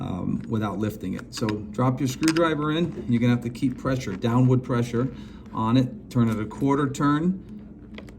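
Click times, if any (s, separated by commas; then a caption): 8.0 s. Someone talks while a screwdriver sits in a window sash balance shoe in the window jamb channel, held under downward pressure and turned a quarter turn. A short, sharp click sounds at 8.0 s as the shoe's cam lock releases, leaving the balance shoe unlocked.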